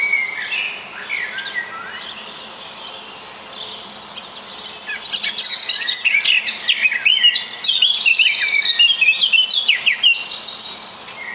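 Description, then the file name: Bird song: a busy mix of high chirps, trills and rapid buzzy notes, growing louder and denser after about four seconds and continuing almost without pause. "voegel"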